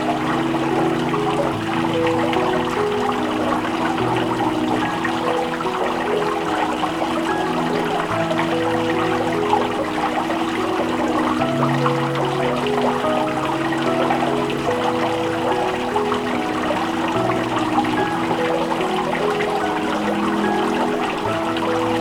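A small fountain splashes and trickles steadily, its falling water forming a dense, even patter with no pauses. Beneath the bright spatter runs a lower, bubbling gurgle that shifts in pitch from moment to moment, as if water churns in a basin.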